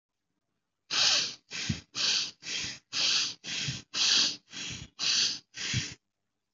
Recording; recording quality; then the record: shallow breathing; excellent, no background noise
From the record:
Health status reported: respiratory illness, not identified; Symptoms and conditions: asthma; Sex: female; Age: 22 years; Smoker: not ticked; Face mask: not worn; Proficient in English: yes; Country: India